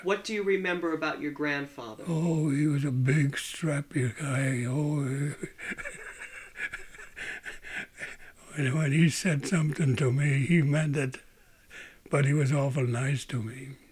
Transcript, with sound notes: What do you remember about your grandfather?
Oh, he was a big, strapping guy. Oh. ( he laughs ) When he said something to me he meant it. But he was awful nice to me.